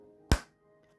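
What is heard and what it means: A plastic cap is pushed back onto an alcohol blending marker and snaps shut with a single sharp click at 0.3 s, a brief broadband snap that fades within about a tenth of a second against a quiet background. The click shows the marker is closed all the way, so the cap is fully seated.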